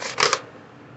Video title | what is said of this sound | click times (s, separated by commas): folding telescoping stool unboxing review | Really barely goes at all, and just makes a click, and then it'll pull up. | 0.2 s, 0.3 s